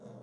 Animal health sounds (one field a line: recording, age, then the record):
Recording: pig call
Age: piglet (1 to 25 days)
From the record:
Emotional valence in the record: negative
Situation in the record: short isolation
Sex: female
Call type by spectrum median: low-frequency call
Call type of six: low-frequency stable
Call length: 0.23 s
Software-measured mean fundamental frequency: 62 Hz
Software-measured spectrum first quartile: 179 Hz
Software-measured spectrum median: 353 Hz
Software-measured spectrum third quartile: 588 Hz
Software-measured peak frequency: 214 Hz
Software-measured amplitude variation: 113 dB a second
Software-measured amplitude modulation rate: 21.3 a second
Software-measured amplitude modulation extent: 5.3 dB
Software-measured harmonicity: 0.4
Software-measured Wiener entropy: 0.22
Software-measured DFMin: 1575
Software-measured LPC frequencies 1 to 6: 533, 3648, 5746, 6587, 7844, 9310 Hz